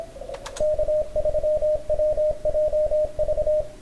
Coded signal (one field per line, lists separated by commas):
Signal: Morse code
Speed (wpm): 26 wpm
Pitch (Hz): 610 Hz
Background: radio noise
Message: K3WJV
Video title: CW Ops Contest